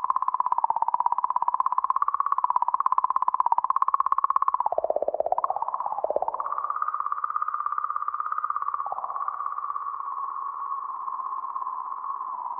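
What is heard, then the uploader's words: A comet's eerie 'song': a single thin, whistling tone hovering in the middle range, wavering and fluttering in rapid pulses. Around five to six seconds the pitch sags and bends before recovering, then the tone settles into a smoother, steadier drone until the end. Rosetta’s Plasma Consortium (RPC) has uncovered a mysterious ‘song’ that Comet 67P/Churyumov-Gerasimenko is singing into space. The comet seems to be emitting a ‘song’ in the form of oscillations in the magnetic field in the comet’s environment. It is being sung at 40-50 millihertz, far below human hearing.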